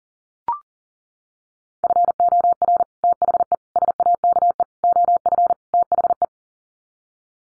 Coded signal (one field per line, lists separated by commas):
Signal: Morse code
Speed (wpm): 40 wpm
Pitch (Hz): 700 Hz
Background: none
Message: FOR THE SAKE OF THE